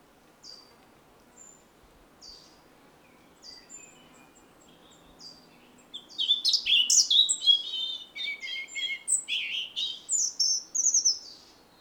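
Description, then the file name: European robin song: several faint, high, thin notes, then a long, loud, varied run of rapid warbles, trills and sliding whistles. "Erithacus rubecula"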